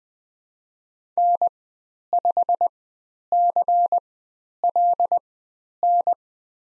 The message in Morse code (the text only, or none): N5CLN